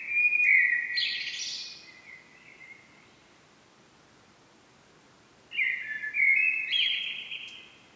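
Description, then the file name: Common blackbird singing two melodious phrases: mellow whistles breaking into high, scratchy twitters, with a pause between them. "Turdus merula"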